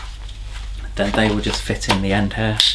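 A plastic crevice/accessory tool for a Moosoo K17 cordless vacuum cleaner is handled at the end of the vacuum, where it will be pushed on and click into a button-release latch. Someone talks throughout, with faint handling noise. Nothing has seated or clicked yet.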